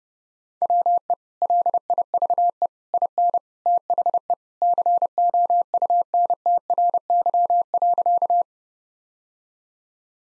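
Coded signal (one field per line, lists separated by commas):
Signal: Morse code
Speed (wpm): 30 wpm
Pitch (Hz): 700 Hz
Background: none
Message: WE LIVE IN THE COUNTRY.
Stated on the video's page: Morse practice sentences at 30 wpm, each sent, then spoken, then sent again, for head-copy training.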